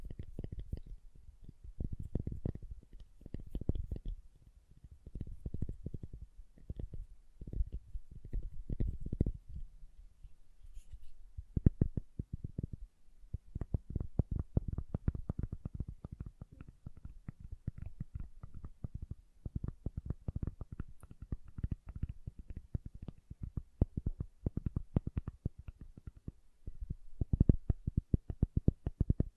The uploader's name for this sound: SoftHard Soap Tapping and Carving